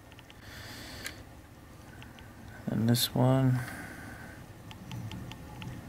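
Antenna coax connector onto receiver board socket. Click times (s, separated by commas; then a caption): 5.6 s. A second small antenna coax connector is pushed onto its socket on a receiver board. Someone talks briefly near the middle, with faint small clicks scattered before and after. A sharp snap at 5.6 s marks the connector seating.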